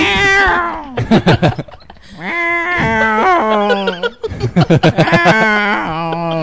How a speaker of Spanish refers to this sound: Pues claro, es como un gato todo llevado. Venga, madre. Un gato mal. Un gato con crack. Un gato Chubaca.